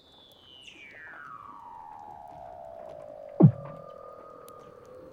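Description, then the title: Weddell seal underwater call: a long whistle gliding down from high to low, splitting into two tones, with one sharp thump. "Douglas Quin - Weddell Seals (Underwater)"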